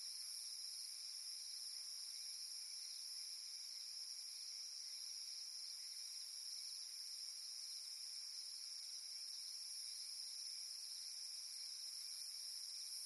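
Unvarying cicada drone, a dense high whine in stacked bands that carries on without any break or change in loudness.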